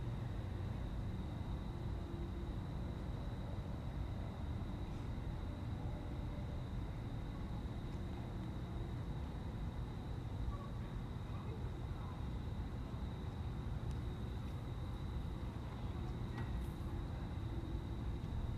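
Crickets chirp in a steady, unbroken high line over a constant low rumble of cars passing. The traffic noise stays dense and even throughout, with a few faint clicks and brief higher sounds appearing near the end.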